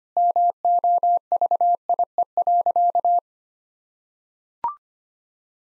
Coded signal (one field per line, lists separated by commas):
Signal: Morse code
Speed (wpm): 25 wpm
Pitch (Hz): 700 Hz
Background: none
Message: MOVIE.